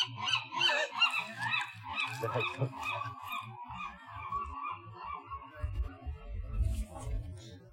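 Gull calls, a run of harsh harmonic yelps repeated quickly for about three seconds, then weaker calls over low rumbling noise.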